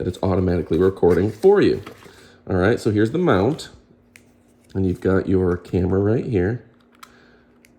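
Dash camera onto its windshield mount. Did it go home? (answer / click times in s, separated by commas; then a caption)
yes / 7.0 s. A DDPAI N3 Pro front and rear dash camera body is pushed onto its plastic windshield mount while someone talks. After the talking stops, a few small handling clicks lead to a sharp click at 7.0 s as the camera seats onto the mount.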